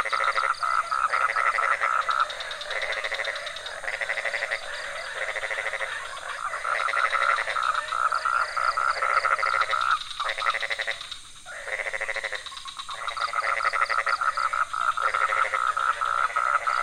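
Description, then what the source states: Frog chorus of fast rattling pulses that runs almost without pause, thinning briefly in the second half before the full mix of callers resumes. Several frog species calling at night in a pond near a hotel in Ubud, Bali, Indonesia; recorded with Sony PCM D50, Rode NT4 and Rode boompole.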